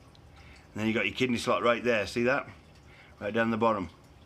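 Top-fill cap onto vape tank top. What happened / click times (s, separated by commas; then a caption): Handled, not yet home: no seating click from the cap / none. The push-button top-fill cap on a sub-ohm vape tank is open, showing the kidney-shaped fill slot, and the metal top cap is being handled. Someone talks throughout, with a faint tick near 0.1 s. Nothing has seated or clicked yet, and the cap has not snapped closed.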